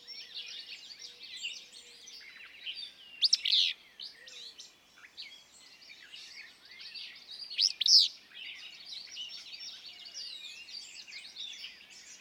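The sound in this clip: Willow flycatcher giving two abrupt, burry phrases about four seconds apart, loud against a constant background of many other small birds chattering and trilling.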